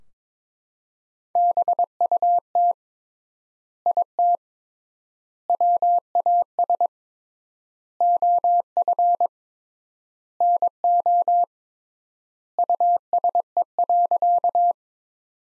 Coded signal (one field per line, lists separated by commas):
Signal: Morse code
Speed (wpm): 22 wpm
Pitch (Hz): 700 Hz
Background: none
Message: BUT IT WAS OF NO USE.